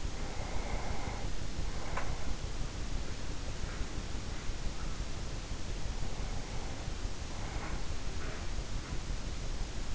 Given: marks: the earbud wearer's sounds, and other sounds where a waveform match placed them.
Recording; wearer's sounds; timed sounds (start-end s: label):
sounds in sleep by an in-ear microphone; breath
0.00-2.63 s: breath
3.55-9.22 s: sound from someone else or the room
5.96-8.26 s: breath